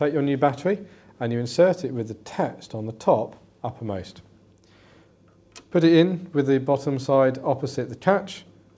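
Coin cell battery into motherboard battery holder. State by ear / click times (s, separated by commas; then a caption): not seated / none. A replacement coin cell battery is being fitted into a motherboard battery holder, text side up, with the edge opposite the metal catch going in first, while someone talks. Faint handling taps occur during a pause in the speech. Nothing has clicked or seated yet.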